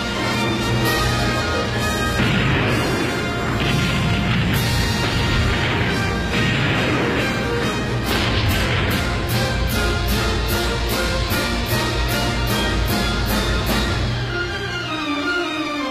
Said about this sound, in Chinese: 在上半时段的最后呢，我再为你带来一个特别版本的，这个呢是有着真实炮声的1812序曲。